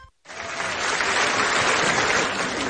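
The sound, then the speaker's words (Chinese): Steady, dense applause from a theatre audience at a live xiangsheng (crosstalk) performance by the Qingqu She troupe of the piece 'Da Dengmi' starts abruptly after a brief silence and holds at a loud, even level, many hands clapping together with no voices. “这个上的台来呀，观众朋友们这么热情，报以热烈的掌声，先向大伙儿问声好吧。”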